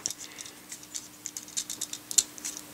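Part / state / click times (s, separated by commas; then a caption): figure foot joint in ankle swivel detent / seated / 2.2 s. A plastic action figure foot joint is swiveled in its ankle swivel detent, making a series of faint ticking and rattling clicks. It seats with a sharp, louder click at 2.2 s, and the joint is clicked into place.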